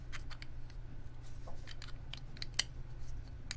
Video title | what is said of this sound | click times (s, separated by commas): The Ultimate GoPro 8 Vlog Case - Box opening and review - S3 EP049 | Snaps right in there. | 2.6 s